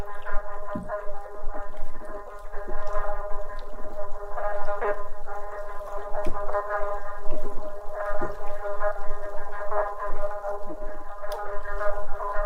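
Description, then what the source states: Schooling fish make a continuous layered hum of harmonic tones, broken by scattered sharp low knocks. Massive school of fish recently recorded in Thailand; individual fish could be heard clearly, apparently following one leader fish.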